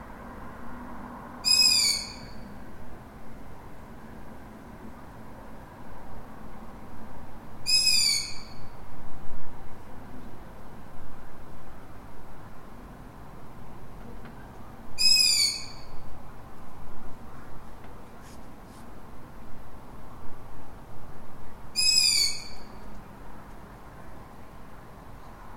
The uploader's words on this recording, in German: Ein einsamer Kautz. Mitten in der Stadt.